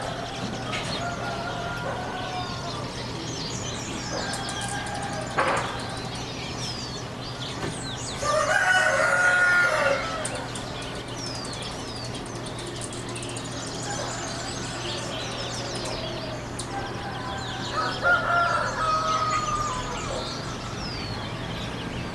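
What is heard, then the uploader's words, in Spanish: A dawn soundscape where roosters crow twice, a louder call around eight to ten seconds and another near eighteen seconds, over a steady low hum. Small birds chirp and twitter throughout in the background, with occasional clucking from the fowl. Paisaje Sonoro Amanecer Marzo 2016 Tlahuitoltepec, Mixe, Oaxaca.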